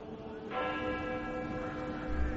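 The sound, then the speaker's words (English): A church death bell tolls once in the cold, its heavy strike blooming into a long, shimmering hum of overtones that lingers steadily without fading much, with no voices. “The dead bell tolled as I walked back through the chill and past the kitchen garden.”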